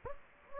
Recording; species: mosquito wingbeat signal from an infrared sensor; Anopheles gambiae